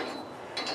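A metal scaffold locking latch is put into a frame tube backwards, so it does not flop down and lock. A faint mechanical rattle is heard, with a brighter metallic burst at about 0.6 s. Nothing has seated or clicked, and the latch fails to lock.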